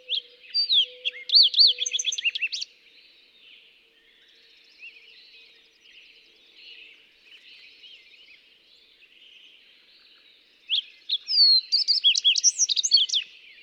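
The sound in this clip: Fox sparrow delivers two loud, melodious whistled songs about ten seconds apart.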